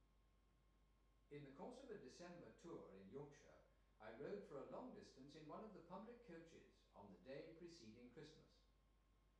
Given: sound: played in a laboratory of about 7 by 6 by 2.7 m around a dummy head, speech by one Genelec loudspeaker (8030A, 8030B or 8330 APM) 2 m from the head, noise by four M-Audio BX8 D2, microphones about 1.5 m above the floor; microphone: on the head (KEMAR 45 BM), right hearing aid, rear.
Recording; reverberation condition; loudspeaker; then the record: male speech in English; medium; 90 degrees to the left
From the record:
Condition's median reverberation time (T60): about 510 ms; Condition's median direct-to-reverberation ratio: about -0.5 dB